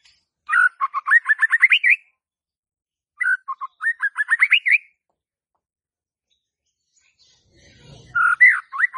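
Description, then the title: White-rumped shama song, phrases of rapid whistled notes that step upward, repeated three times with pauses, a soft low thump near the end. Used as a lure (pancingan) for a stressed shama that has stalled (macet) in its singing. "PANCINGAN Murai Batu STRES & MACET"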